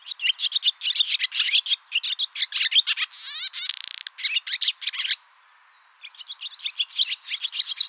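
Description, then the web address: Barn swallow twittering steadily, a dry buzzy rattle in the middle, a short pause, then the squeaky chatter resumes. "hirundo rustica call"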